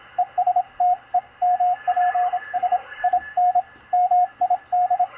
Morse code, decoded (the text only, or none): ES TEMPS IN MID